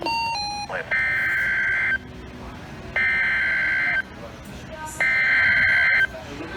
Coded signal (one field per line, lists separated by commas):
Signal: Emergency Alert System (SAME) tones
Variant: header bursts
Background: speech